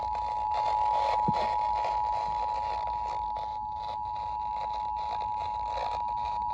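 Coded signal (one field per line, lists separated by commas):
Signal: Emergency Alert System (SAME) tones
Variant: 853 and 960 Hz attention tone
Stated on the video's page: EAS weather alerts recorded with an iPhone 14.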